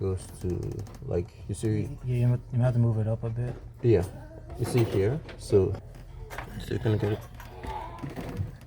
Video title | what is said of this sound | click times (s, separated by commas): How to Build a PC from Scratch - Complete Assembly & Disassembly Tutorial | think it's in but I don't hear a click. | none